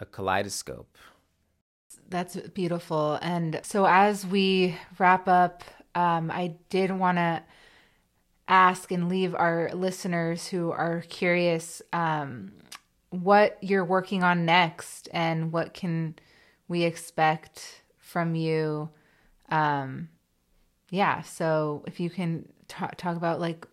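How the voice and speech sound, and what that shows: Adult woman who stutters, speaking as an interview host in conversational speech, with stretched sounds, hesitant pauses and a part-word repetition, fitting mild stuttering.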